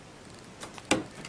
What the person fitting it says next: See, you hear that? That was a click, and you got to do that for each one.